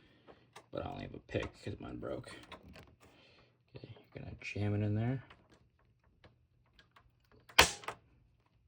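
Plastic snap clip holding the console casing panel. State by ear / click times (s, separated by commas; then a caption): released / 7.6 s. Someone talks while a pick is jammed into a slot in the plastic casing of an Xbox 360 console to release an internal plastic snap clip holding the casing panel. A loud, sharp click at 7.6 s marks the clip letting go and releasing.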